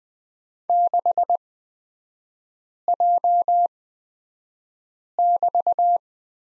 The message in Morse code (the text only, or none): 6J<BT>